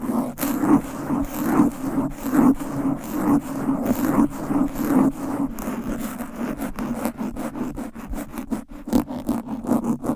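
Microphone scratching with covers and nails: a dense, rough scraping that runs the whole time, with a steady low rumble underneath. The first half is smoother and continuous; after about six seconds it breaks into quick, regular sharp strokes that come faster toward the end.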